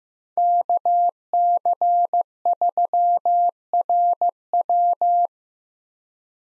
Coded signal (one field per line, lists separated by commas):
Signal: Morse code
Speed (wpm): 16 wpm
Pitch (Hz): 700 Hz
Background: none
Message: KC3RW